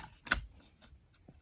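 On a Stihl MS290 chainsaw, the metal throttle linkage rod is fitted into the small slot at the top of the plastic throttle trigger. A sharp, bright click at 0.3 seconds is followed by a few faint ticks. The rod pops into the slot and seats.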